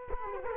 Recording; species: mosquito wingbeat signal from an infrared sensor; Culex quinquefasciatus